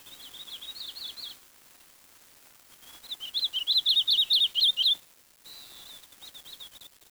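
Bird twitter, fast high chirping notes in quick series, a louder burst of sharp notes in the middle, with softer phrases before and after.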